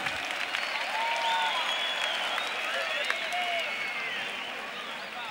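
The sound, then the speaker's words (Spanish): A concert crowd applauds a dancer steadily, a dense wash of clapping that holds at an even level throughout, with a few faint whistles and cheers rising above it. “Un aplauso para la guapísima bailarina”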